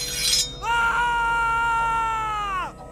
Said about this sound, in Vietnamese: Trong đêm, tiếng la hét thảm vang lên thất thanh. Phòng bên cạnh nghe được tiếng gào thét thì năm sáu nha sai liền kinh hãi xách đao chạy qua.